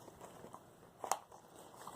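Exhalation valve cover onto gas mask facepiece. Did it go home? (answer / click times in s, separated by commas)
yes / 1.0 s, 1.1 s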